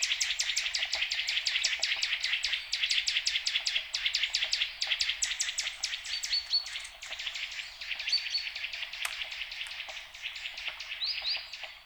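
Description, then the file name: Eurasian nuthatch calling in a rapid series of sharp high notes that gradually thin out, with a few clear whistled notes in the later part. "Sitta europaea"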